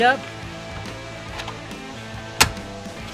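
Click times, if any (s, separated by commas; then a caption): 2.4 s. A plastic connector retainer or cover is pressed down into the fuse panel of an S197 Mustang during a repair for intermittent electrical issues, while someone talks over background music. A sharp, bright snap rings out at 2.4 seconds as the part seats down into place on the fuse panel.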